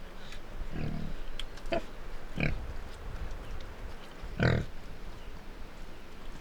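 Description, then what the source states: Pig grunts, a few separate low rough grunts, the loudest one near the end. Two pigs grunting and squealing by the river at Iruya, Northwest Argentina.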